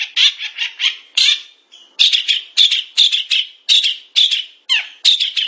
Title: Kicau Burung Pentet